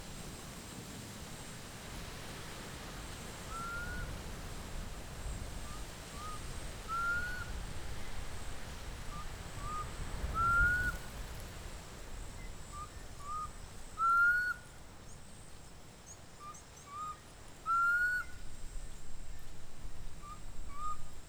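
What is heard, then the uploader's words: A bird repeats a short, clear rising whistle outdoors in a reserve, starting a few seconds in and returning every two to three seconds, often as a soft note followed by a louder one. A low rumble of wind runs underneath, with a faint high insect hiss. Mmabolela Reserve, Limpopo, South Africa. With the exception of one particularly rainy day at the homestead, everything was recorded far from human interference.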